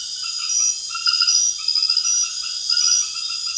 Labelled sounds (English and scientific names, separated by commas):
none